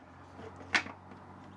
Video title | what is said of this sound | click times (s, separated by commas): Clesana C1 Toilet install using the Retrofit Kit - CARAVAN TOILET UPGRADE 🚽 | It simply pops into the top | 0.8 s